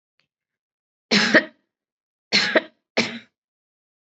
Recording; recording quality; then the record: heavy voluntary cough; excellent, no background noise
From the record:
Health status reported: COVID-19 positive, mild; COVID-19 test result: positive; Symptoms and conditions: cold, hypertension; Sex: female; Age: 39 years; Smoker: not ticked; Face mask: worn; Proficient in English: yes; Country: India